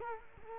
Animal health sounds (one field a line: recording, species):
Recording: mosquito wingbeat signal from an infrared sensor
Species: Culex quinquefasciatus